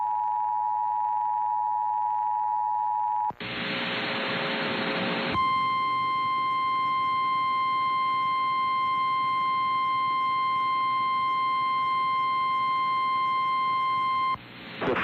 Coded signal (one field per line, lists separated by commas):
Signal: Emergency Alert System (SAME) tones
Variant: 853 and 960 Hz attention tone